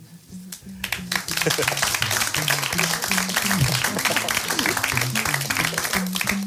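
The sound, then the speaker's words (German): An audience breaks into dense, steady applause for award winners called to the front, which quickly builds and holds loud for several seconds, many hands clapping at once, with a low stepping melodic tone running underneath. “Ich möchte jedes Mal einen Applaus haben und ich möchte, dass die Gewinner unbedingt die Blumen mitnehmen.”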